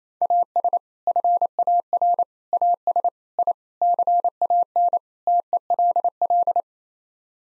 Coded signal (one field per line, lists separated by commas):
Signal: Morse code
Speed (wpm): 28 wpm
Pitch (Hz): 700 Hz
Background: none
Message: AS FAR AS I CAN TELL